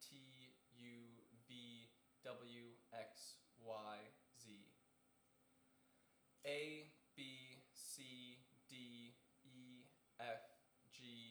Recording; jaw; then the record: letters of the alphabet, spoken; free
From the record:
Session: seven days later